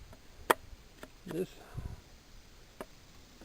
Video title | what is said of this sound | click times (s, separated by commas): Installing New Head On 1998 Jeep Cherokee 4.0L engine | Hear it pop there when it come loose. | 0.5 s